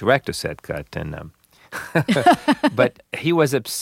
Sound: laughs

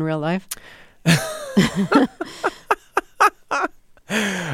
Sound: laughter

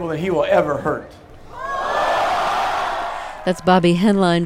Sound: soundbite of cheering

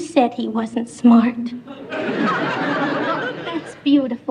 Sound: laughter

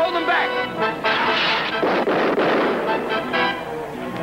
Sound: singing; soundbite of gun firing

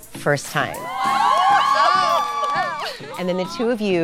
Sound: cheering

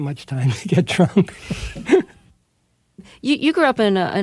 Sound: laughter

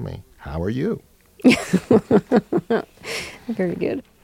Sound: soundbite of laughter

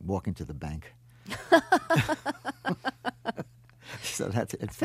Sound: laughter

